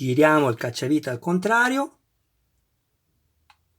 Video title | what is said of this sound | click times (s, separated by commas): Lancia Stratos HF N 14, Centauria! montaggio scatola della trasmissione con i due giunti omocinetici | Sentito lo scatto del dentino? Vuol dire che il filetto ha preso. | 3.5 s